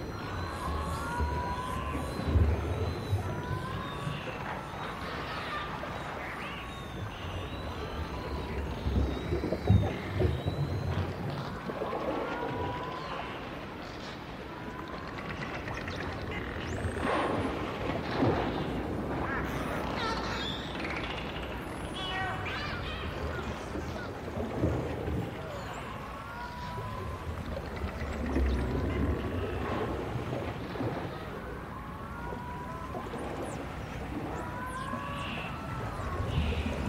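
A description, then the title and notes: Dolphins whistle and chirp underwater, with short rising and falling calls scattered through the whole recording, some clear and some overlapping. Quick bursts of clicking come and go, over a steady low rumble of water that swells slightly around the middle and near the end. Sound Of Dolphins.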